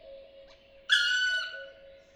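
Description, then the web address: Black woodpecker giving a single long, mournful call with a sudden start and level harmonic tone that slides down at the end, over a faint steady background tone. "pic noir. oiseaux de nos forets"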